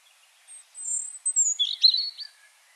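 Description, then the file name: European robin song: a faint high note, a drawn-out thin whistle, then a short burst of warbled, tumbling notes. "Erithacus rubecula"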